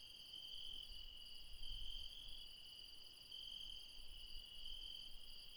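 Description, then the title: Insects trill shrilly without pause, with brief brighter bursts recurring regularly and a faint rumble below. Insects calling late at night in the mountains at Refuge Krevatia, Barbala, Dion, Greece. "Refuge Krevatia, Μπαρμπαλά, Dion 601 00, Greece - Late night mountain insects"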